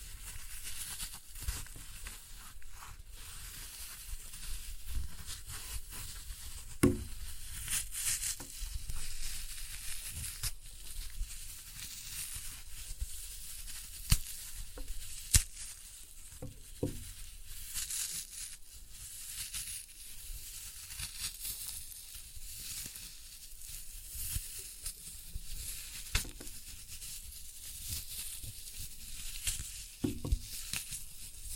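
Floral foam is crushed, giving a dense, steady crackle of fine grainy crunching that fills the upper range throughout. Sharper crunches and snaps punctuate it every few seconds, notably around 7, 14, 17 and 30 seconds, over a faint low rumble.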